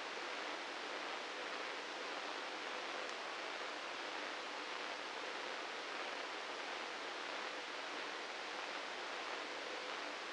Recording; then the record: brain microelectrode recording played as sound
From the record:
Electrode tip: inside the subthalamic nucleus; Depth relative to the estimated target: -2 mm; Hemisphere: right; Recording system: NeuroSet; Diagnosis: Parkinson's disease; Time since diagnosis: 9 years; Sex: male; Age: 61 years